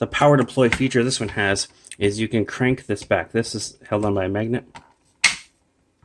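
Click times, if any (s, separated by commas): 5.2 s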